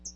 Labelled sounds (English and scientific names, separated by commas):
Hooded Warbler (Setophaga citrina) flight call